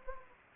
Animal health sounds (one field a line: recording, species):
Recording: mosquito wingbeat signal from an infrared sensor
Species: Anopheles gambiae